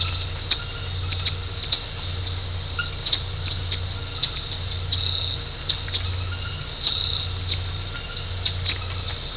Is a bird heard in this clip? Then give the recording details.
no. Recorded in dense forest near Puerto Asís, Putumayo, Colombia, on 13 March 2025 at 23:00. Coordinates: 0.468, -76.322. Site GP01